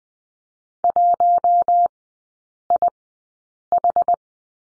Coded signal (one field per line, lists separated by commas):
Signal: Morse code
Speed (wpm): 20 wpm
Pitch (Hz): 700 Hz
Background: none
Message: 1IH